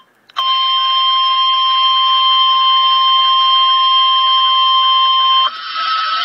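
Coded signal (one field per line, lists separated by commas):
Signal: Emergency Alert System (SAME) tones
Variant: 1050 Hz attention tone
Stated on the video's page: Real severe thunderstorm warning, recorded on a phone that died before the end.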